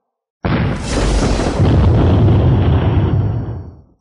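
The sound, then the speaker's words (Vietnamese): A sudden loud blast erupts into a sustained, rumbling roar of overlapping explosions as five-coloured light orbs strike a star-light barrier, heavy in the low end, holding strong for a few seconds before fading out. “Liên tiếp tiếng nổ mạnh vang lên, nguyên bản cái màn sáng ngôi sao bình tĩnh lại lần nữa rung động không thôi, tán phát ra trận trận tinh mang chói mắt.”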